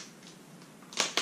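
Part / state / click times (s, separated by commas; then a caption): collated screw attachment onto drywall screw gun nose / not seated / none. A plastic Dewalt collated drywall screw attachment is handled at the nose of a drywall screwdriver, with its two side buttons used to release the lock before it is pushed on. Quiet handling rustle gives way to two sharp, bright knocks at about 1.0 and 1.2 seconds. Nothing has seated or clicked yet.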